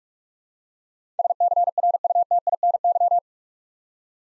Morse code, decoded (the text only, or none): SCRUTINY